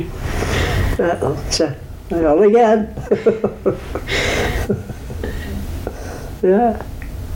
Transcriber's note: laughs